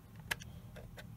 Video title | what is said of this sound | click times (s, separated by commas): Для Володимира П. | внутрь поворачиваете против часовой стрелке до щелчка все повернули убедились | 0.3 s